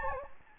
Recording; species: mosquito wingbeat signal from an infrared sensor; Anopheles gambiae